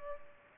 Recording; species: mosquito wingbeat signal from an infrared sensor; Culex pipiens